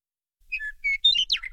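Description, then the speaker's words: Western Meadowlark song: a brief run of clear whistled notes followed by a tumbling, gurgling flourish that falls in pitch. Resident year-round across much of Colorado; calls from tall, open perches such as fence posts in open fields, road signs along rural highways or high grass stalks; often heard before seen. "You'll probably hear one before you see it, though seeing the Western Meadowlark isn't necessarily hard to do."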